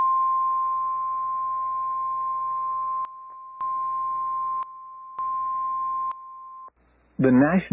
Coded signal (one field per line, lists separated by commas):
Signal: Emergency Alert System (SAME) tones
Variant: 1050 Hz attention tone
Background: speech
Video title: EAS 114 at Sun Jun 08 2025 6:02:07 PM